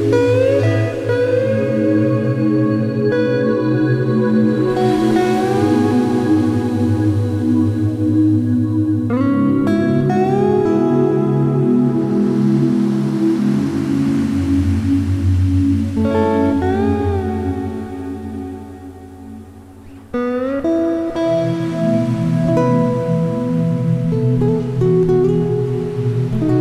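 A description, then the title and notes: Meditative guitar sounds over a warm ambient pad, with sustained, slowly gliding tones and a steady low drone. Soft swells of washing noise rise around 5, 10 and 15 seconds, fitting sea waves. The sound thins and fades near 19 seconds, then returns fully at 20. Meditative guitar to ambient pad with sea waves.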